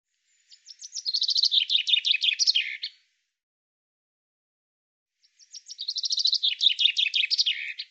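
Common chaffinch song: two bright, rapid phrases of repeated notes, each descending into a final flourish, with silence between.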